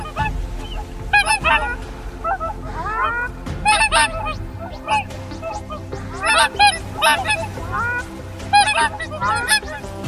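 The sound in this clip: Whooper Swans calling: loud bugling honks from several birds in irregular bursts.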